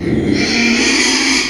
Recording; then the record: squeal of a Yucatan mini pig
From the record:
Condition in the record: after surgery on the right vocal fold (resection and tissue-engineered implant); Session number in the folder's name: 2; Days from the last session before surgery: 13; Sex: male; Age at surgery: 12 weeks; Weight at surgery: 13 kg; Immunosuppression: cyclosporine, prednisolone